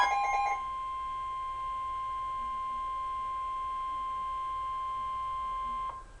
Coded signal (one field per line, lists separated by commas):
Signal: Emergency Alert System (SAME) tones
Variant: 1050 Hz attention tone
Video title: Flood Warning - EAS #316